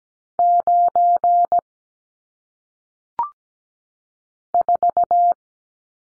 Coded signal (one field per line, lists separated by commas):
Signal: Morse code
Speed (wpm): 17 wpm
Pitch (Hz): 700 Hz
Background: none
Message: 9 4